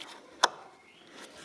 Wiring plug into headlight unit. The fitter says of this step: you hear it click and you're gonna do the same for this side